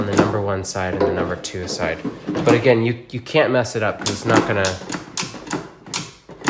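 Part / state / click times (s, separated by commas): air fryer basket into its drawer slot in the fryer housing / seated / 5.9 s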